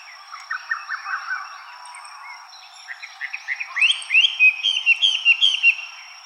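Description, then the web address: Chinese hwamei song: varied whistled phrases, quick repeated notes rising in pitch and growing louder, over a steady high tone and background hiss. Recorded 23 May 2015. "birdenaga gabityou 150523"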